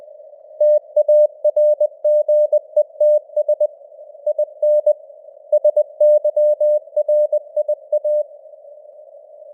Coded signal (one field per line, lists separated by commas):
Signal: Morse code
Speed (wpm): 20 wpm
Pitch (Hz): 600 Hz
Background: none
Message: TARGETS IN SYRIA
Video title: Morse Code News | 2025-12-20 | 20wpm